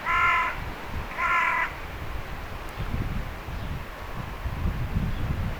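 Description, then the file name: Carrion crow calling two harsh, grating caws in close succession, then only low background rumble. "Corvus corone"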